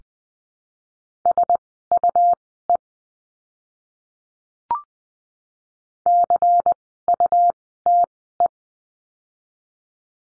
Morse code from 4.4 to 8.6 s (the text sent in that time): CUTE